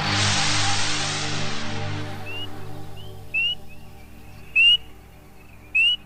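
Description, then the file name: Spring peeper calls: several short, clear, upslurred whistled notes following a burst of broad hissing noise at the start. Recorded in New Hampshire, United States. "NH Fish and Game-Peepers"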